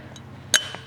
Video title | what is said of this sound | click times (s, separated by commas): Valve Removal & Installation Method 2 : Specialty Tool (Very Easy) | you can hear it pop I'll let up a little bit and then slowly remove it before I remove my hand | 0.6 s